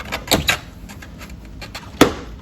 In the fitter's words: there we go just snap the first one in place